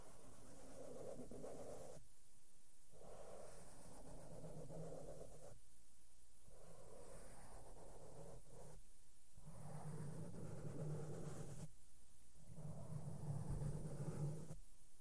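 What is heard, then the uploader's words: Soft brushing of makeup brushes against a microphone, a steady low scratchy rumble that keeps on without a break. The strokes come in slow sweeps, with short quieter gaps near 2, 6, 9 and 12 seconds, and grow slightly louder toward the end. ASMR SOFT SOUNDS WITH MAKEUP BRUSHES ON MIC AND MICROPHONE TOUCHING.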